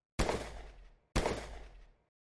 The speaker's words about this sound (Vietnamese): Một loạt đạn cuồng bạo phóng tới, các tù nhân đứng ở cửa lập tức bị quét ngã, tiếng kêu thảm thiết không dứt bên tai.